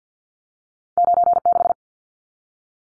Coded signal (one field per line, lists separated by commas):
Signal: Morse code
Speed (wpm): 50 wpm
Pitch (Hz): 700 Hz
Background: none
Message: 96